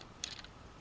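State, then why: Not seated. The backpack piece of a Voyager Shockwave transforming figure from Transformers Dark of the Moon is pushed onto the figure's back. Light plastic handling ticks and scrapes are heard, with a brief bright rattle around 0.2–0.45 s. Nothing has seated or clicked yet.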